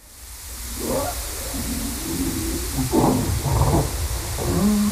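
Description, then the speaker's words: Harbor seal underwater calls: a series of low, dog-like barking bursts over a steady hiss of underwater background noise. Underwater recording from Gullmarsfjorden, not the Baltic; described as song, sounding somewhat dog-like and labelled as barking. "Vi har lite knubbsäl, sång också."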